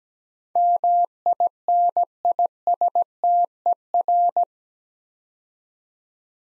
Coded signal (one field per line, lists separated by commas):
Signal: Morse code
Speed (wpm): 17 wpm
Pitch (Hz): 700 Hz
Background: none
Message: MINISTER